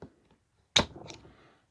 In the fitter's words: you go heard it snap off